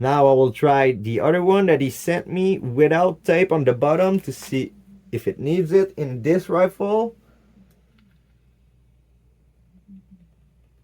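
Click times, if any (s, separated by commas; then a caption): none. Someone talks for about seven seconds, then faint handling noises follow, with small ticks near 7.7 s and 8.0 s, as an untaped single-shot loading tray is brought to the receiver of a second Beeman Chief II air rifle to test whether it needs tape on the bottom in this rifle. The tray has not seated or clicked home yet.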